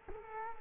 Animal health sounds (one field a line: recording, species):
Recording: mosquito wingbeat signal from an infrared sensor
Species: Culex quinquefasciatus